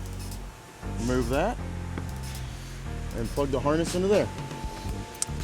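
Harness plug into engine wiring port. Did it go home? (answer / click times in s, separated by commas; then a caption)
yes / 5.2 s. With music playing, someone talks while a small rubber cover is removed and the harness plug for an Edge EZ Module is pressed into the engine wiring harness port on a 2025+ 6.7 Cummins. A sharp click at 5.2 s shows the connector has seated.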